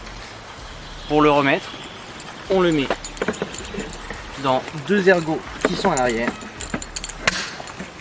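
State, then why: Seated. Someone talks while a plastic Givi Trekker Outback 58L motorcycle top case is hooked onto two rear lugs of its mounting plate on the rear rack and pushed down. A quick series of sharp knocks around 6.6–7.0 s comes just before a crisp, loud click at 7.3 s as the case clips in by itself. The case is seated on the mounting plate.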